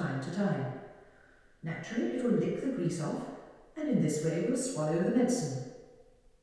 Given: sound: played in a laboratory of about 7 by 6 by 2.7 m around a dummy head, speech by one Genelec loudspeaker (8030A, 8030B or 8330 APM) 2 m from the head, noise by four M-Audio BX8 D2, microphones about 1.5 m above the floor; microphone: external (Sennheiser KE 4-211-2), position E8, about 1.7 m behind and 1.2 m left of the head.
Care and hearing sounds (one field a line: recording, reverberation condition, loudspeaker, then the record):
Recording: female speech in English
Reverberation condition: high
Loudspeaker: 90 degrees to the right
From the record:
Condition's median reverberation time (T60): about 1300 ms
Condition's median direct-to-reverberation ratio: about -4.0 dB